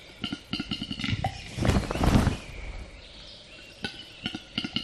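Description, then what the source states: Western capercaillie: a few spaced clicks, then a breathy scraping hiss around two seconds, followed by more clicks, with light songbird calls behind. Recorded close by.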